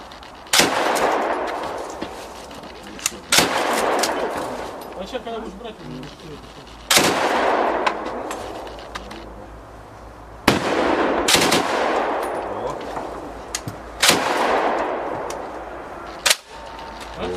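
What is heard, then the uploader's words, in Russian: Bursts of machine gun fire arrive at irregular intervals: short volleys near 0.5, 3.4, 7, 10.5 and 14 seconds, plus a lone crack around 16 seconds. Each burst is sharp and loud, then rolls into a long, washing echo that fades over a few seconds. Стрельба из MG-4.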